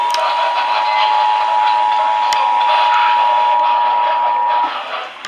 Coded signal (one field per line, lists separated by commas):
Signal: Emergency Alert System (SAME) tones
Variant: 853 and 960 Hz attention tone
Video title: THE TORNADOES IS COMPLETELY OF NIGHT OF FLUUDZ... EAS Alerts From 4/27/24 - 4/28/24 (EAS#959 - #981)